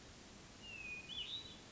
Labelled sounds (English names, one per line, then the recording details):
Hermit Thrush
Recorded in Sonoma County, California